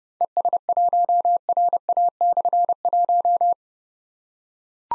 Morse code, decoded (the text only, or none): ES1RA/1